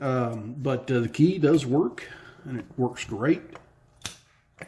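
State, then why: Seated. Someone talks while handling a vintage padlock that has just been opened with its key, then pushes the steel shackle back into the lock body. A sharp metallic click at 4.1 s marks the shackle latching shut, followed by a softer tick at about 4.6 s. The shackle is seated.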